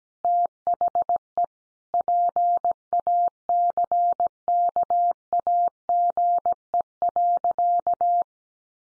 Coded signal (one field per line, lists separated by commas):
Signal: Morse code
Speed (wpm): 17 wpm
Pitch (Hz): 700 Hz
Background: none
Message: THE PACKAGE.